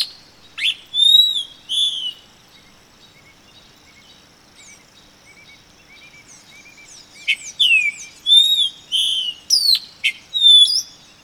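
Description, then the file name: Epaulet oriole song: a few loud whistled slurs, a pause of several seconds with faint notes, then a renewed burst of rich, swooping whistles. Recorded on 31 August 2011. "20110831 ICTCAY"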